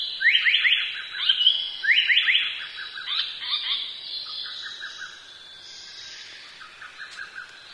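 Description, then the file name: Japanese paradise flycatcher song: quick bursts of sharp sweeping notes in the first half, trailing off into fainter whistled phrases against a soft background hiss. "sankocho"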